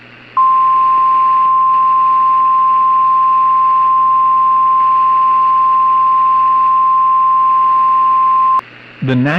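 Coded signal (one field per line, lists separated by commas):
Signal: Emergency Alert System (SAME) tones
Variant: 1050 Hz attention tone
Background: speech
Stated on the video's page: Simulated NOAA Weather Radio thunderstorm scenario that may contain valid EAS tones, with an extremely realistic script and voice.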